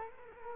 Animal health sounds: mosquito wingbeat signal from an infrared sensor; Culex quinquefasciatus

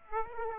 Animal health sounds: mosquito wingbeat signal from an infrared sensor; Aedes aegypti

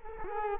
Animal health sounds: mosquito wingbeat signal from an infrared sensor; Culex quinquefasciatus

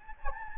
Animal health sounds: mosquito wingbeat signal from an infrared sensor; Anopheles gambiae

